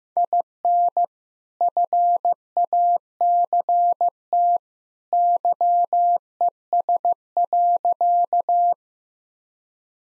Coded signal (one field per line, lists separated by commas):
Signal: Morse code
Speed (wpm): 15 wpm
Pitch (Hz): 700 Hz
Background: none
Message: IN FACT YES.